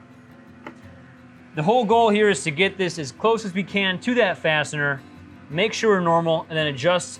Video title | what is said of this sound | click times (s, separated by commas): 11: Using E-drill to remove Composi-Lok/Jo-Bolt - E-Drill Maintenance, Training and Troubleshooting | and do a minute adjustment until it locks into place | 0.7 s